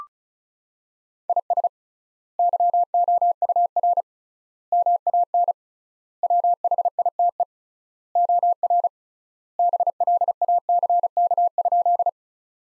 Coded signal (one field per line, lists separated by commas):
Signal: Morse code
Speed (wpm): 34 wpm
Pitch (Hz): 700 Hz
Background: none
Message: IS YOUR MAN WHITE OR BLACK?